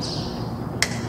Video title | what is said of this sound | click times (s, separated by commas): Easy way to replace the Ignition Switch in Trailblazer 2002. | it should pop, so you hear it snap in. | 0.8 s